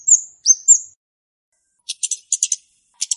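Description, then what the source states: Flowerpecker calls: three sharp, high, slurred chirps, then a quiet gap and a series of short, high, buzzy ticks in small clusters. Song used as a lure for trapping birds.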